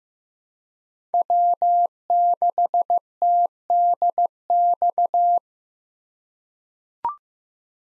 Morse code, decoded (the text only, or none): W6TDX